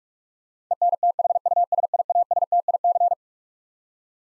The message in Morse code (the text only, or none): ENTHUSIASTIC